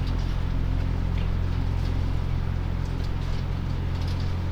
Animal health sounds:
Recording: poultry house recording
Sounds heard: no chicken sound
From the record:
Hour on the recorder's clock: 20

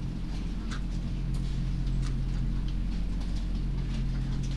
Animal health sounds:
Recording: poultry house recording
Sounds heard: sick chickens (respiratory disease)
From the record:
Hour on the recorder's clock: 22

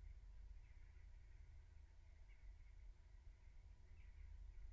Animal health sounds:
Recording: poultry house recording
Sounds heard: no chicken sound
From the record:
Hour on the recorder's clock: 15

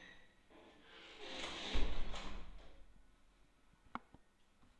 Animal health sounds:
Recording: poultry house recording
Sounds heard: no chicken sound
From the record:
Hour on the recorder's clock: 12

